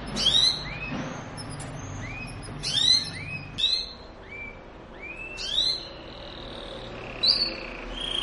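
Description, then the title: Belgian canary giving short upswept whistles and sharp buzzy bursts, recurring every couple of seconds over a low steady hum. Belgian canary song to warm up and stimulate singing; canary mating song. "Canto Para Esquentar Canário Belga. suara kenari kawin"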